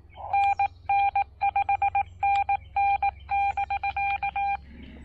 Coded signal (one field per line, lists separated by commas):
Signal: Morse code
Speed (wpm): 18 wpm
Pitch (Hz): 800 Hz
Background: none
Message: NN 5NN<BK>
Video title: First CW POTA activation with my new Xiegu X6100 at Lake Norman State Park!